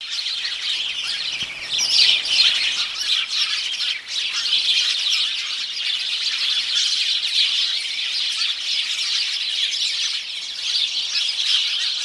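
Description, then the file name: House sparrows chattering in a dense, continuous chorus of overlapping chirps. "Passer domesticus"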